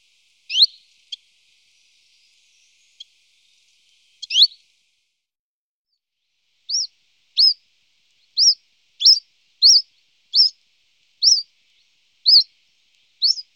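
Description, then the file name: Common chiffchaff singing: a few scattered high chips, a pause, then a series of sharp notes at a fairly steady pace. "Zilpzalp"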